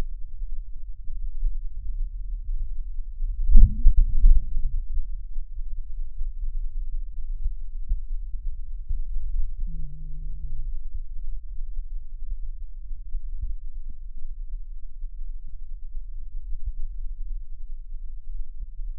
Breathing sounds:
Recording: lung sounds by stethoscope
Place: right anterior apical chest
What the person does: quiet breathing, then cough and speech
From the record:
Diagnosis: COPD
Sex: male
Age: 65 years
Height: 162 cm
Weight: 67.8 kg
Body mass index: 25.8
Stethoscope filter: bell mode

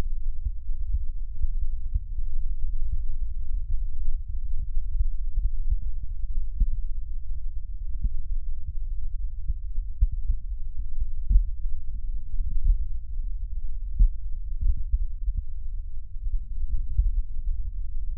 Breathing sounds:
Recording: lung sounds by stethoscope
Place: right posterior basal chest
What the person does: quiet breathing, then deep breathing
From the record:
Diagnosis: COPD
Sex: female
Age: 75 years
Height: 155 cm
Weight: 67.6 kg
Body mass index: 28.1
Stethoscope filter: bell mode

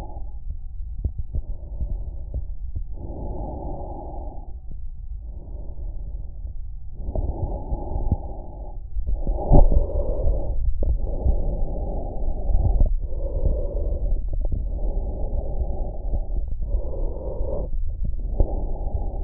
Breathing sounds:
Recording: lung sounds by stethoscope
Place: trachea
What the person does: quiet breathing, then deep breathing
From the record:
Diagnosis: interstitial lung disease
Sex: male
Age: 65 years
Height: 161 cm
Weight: 74.6 kg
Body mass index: 28.8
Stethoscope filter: extended mode

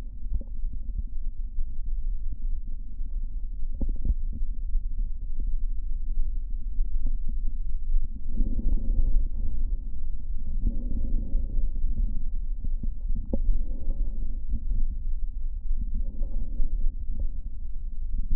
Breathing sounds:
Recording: lung sounds by stethoscope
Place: left posterior basal chest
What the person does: quiet breathing, then deep breathing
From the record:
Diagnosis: COPD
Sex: male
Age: 59 years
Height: 175 cm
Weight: 73 kg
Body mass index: 23.8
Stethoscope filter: diaphragm mode

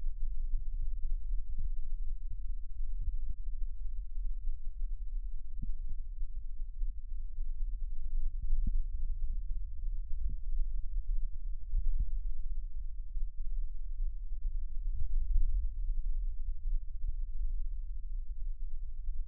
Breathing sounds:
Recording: lung sounds by stethoscope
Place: right posterior basal chest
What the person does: quiet breathing, then deep breathing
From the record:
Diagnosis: asthma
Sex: female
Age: 66 years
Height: 172 cm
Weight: 76 kg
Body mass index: 25.7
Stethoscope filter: bell mode

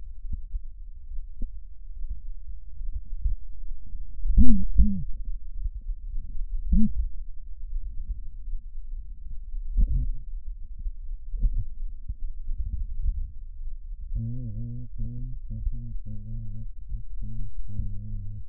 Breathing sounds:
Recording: lung sounds by stethoscope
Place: left anterior apical chest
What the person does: quiet breathing, then cough and speech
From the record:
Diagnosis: none (healthy)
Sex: male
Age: 35 years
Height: 186 cm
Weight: 108 kg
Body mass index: 31.2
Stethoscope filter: bell mode

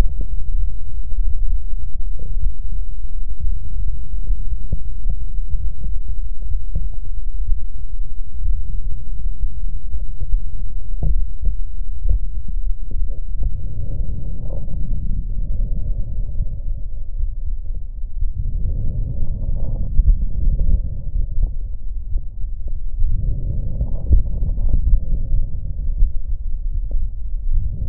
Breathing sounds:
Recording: lung sounds by stethoscope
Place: left posterior apical chest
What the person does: quiet breathing, then deep breathing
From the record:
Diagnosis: none (healthy)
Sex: male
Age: 30 years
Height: 190 cm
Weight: 88 kg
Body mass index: 24.4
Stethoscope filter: extended mode

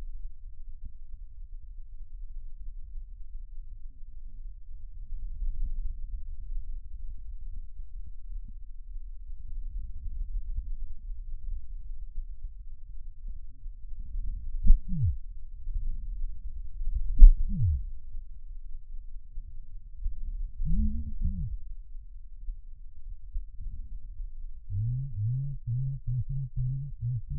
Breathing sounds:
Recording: lung sounds by stethoscope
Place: right posterior basal chest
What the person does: quiet breathing, then cough and speech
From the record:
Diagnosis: pulmonary infection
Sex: male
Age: 54 years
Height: 187 cm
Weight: 95 kg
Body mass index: 27.2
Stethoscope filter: bell mode

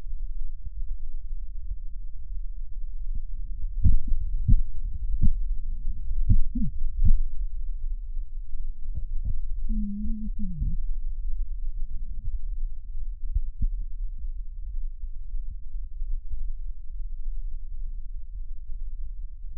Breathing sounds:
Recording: lung sounds by stethoscope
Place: right posterior basal chest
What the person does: quiet breathing, then cough and speech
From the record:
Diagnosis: interstitial lung disease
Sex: female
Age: 60 years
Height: 154 cm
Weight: 68.1 kg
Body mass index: 28.7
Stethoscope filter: bell mode

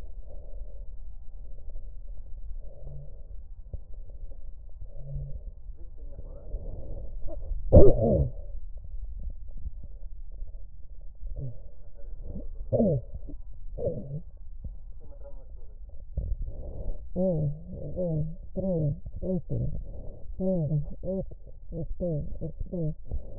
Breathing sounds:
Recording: lung sounds by stethoscope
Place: left posterior basal chest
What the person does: quiet breathing, then cough and speech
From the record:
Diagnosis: interstitial lung disease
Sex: female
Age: 72 years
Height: 153 cm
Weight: 71 kg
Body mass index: 30.3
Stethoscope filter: extended mode

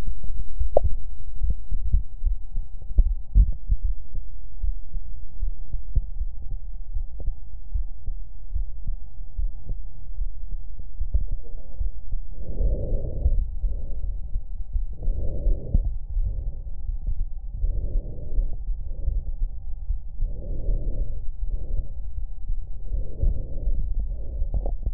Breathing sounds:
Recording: lung sounds by stethoscope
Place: left anterior apical chest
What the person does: quiet breathing, then deep breathing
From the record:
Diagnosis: none (healthy)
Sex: male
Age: 29 years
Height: 180 cm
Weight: 100 kg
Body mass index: 30.9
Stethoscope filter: extended mode

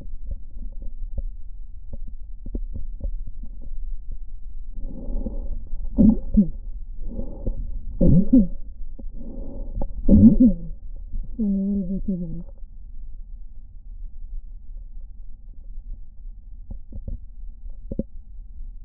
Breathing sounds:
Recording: lung sounds by stethoscope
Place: left posterior basal chest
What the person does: quiet breathing, then cough and speech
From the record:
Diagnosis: interstitial lung disease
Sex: female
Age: 65 years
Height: 156 cm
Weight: 66.8 kg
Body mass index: 27.4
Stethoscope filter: diaphragm mode

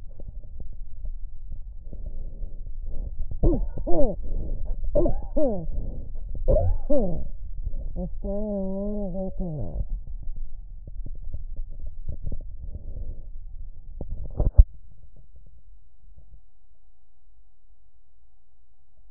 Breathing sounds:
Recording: lung sounds by stethoscope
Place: left anterior apical chest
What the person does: quiet breathing, then cough and speech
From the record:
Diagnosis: interstitial lung disease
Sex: female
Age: 74 years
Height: 150 cm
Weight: 69.8 kg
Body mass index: 31.0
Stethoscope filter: extended mode

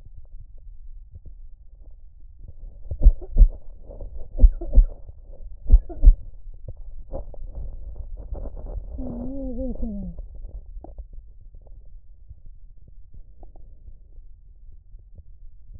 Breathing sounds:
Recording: lung sounds by stethoscope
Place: right anterior apical chest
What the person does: quiet breathing, then cough and speech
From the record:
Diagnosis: interstitial lung disease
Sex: male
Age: 47 years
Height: 159 cm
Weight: 66.8 kg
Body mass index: 26.4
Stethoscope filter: extended mode

